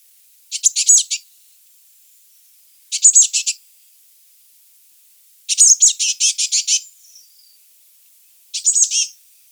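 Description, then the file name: Eurasian blue tit scolding: four bursts of rapid, rasping high notes at uneven gaps, the third longer than the others. "Cyanistes caeruleus"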